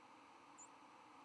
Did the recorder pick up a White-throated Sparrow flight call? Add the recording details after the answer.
no. Another species' flight call is heard. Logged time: 06:23 on 11 November 2014